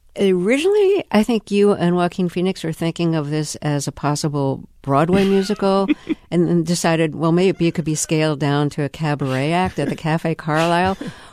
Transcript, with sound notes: Originally, I think you and Joaquin Phoenix were thinking of this as a possible Broadway musical...
(Laughter).
...And then decided, well, maybe it could be scaled down to a cabaret act at the Cafe Carlyle.